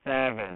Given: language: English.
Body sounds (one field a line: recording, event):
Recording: throat vibration sensor signal played as sound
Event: speech